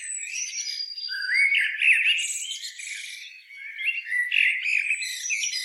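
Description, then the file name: Common blackbird song, one continuous warbled phrase with rising fluty notes and shrill twittering above, dipping briefly midway before resuming. "Turdus merula"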